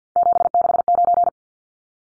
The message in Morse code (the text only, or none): 769